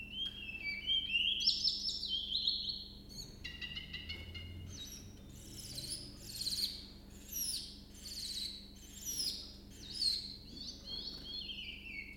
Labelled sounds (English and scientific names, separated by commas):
Willow Warbler (Phylloscopus trochilus)